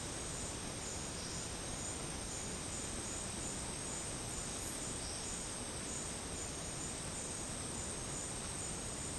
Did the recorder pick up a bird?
no